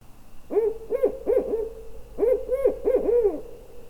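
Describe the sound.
Barred owl hooting in a rhythmic series of mid-pitched, slurred hoots, two groups of about four notes each separated by a short pause.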